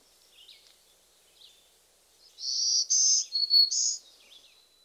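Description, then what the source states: Black-throated Green Warbler giving a buzzy song phrase, paired high buzzes followed by a dip to a lower note and a rise to a closing buzz, with faint thin notes around it. Two common song versions, one a slower, buzzy 'trees, trees, murmuring trees'.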